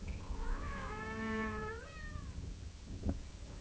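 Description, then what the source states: Cat giving a single long, wavering meow that rises and then falls, with a faint tap near the end. Gently meowing in long intervals.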